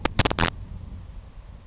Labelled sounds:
Grasshopper Sparrow (Ammodramus savannarum)
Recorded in Sonoma County, California

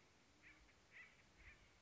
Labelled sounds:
Acorn Woodpecker (Melanerpes formicivorus)
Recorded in Sonoma County, California

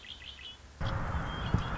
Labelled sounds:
Red-winged Blackbird (Agelaius phoeniceus)
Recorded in Sonoma County, California

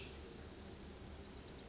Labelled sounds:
Cassin's Vireo (Vireo cassinii)
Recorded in Sonoma County, California

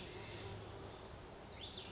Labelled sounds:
Cassin's Vireo (Vireo cassinii)
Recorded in Sonoma County, California

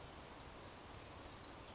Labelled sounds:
Western Flycatcher (Empidonax difficilis)
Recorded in Sonoma County, California

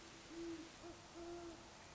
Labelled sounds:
Great Horned Owl (Bubo virginianus)
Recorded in Sonoma County, California

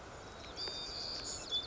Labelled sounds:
White-crowned Sparrow (Zonotrichia leucophrys)
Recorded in Sonoma County, California

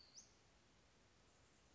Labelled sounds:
Western Flycatcher (Empidonax difficilis)
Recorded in Sonoma County, California

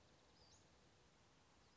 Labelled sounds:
Western Flycatcher (Empidonax difficilis)
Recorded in Sonoma County, California

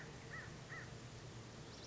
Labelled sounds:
American Crow (Corvus brachyrhynchos)
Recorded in Sonoma County, California

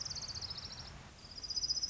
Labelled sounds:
Orange-crowned Warbler (Leiothlypis celata)
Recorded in Sonoma County, California

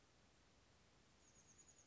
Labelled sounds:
Chestnut-backed Chickadee (Poecile rufescens)
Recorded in Sonoma County, California

